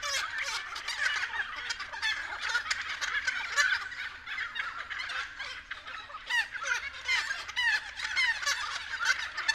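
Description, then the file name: Continuous friarbird chatter, a crowded mix of harsh squawks and cackling notes. Several friarbirds calling at 6:30 AM. "BIRD-FRIARBIRDS-N-301111-6 30 AM"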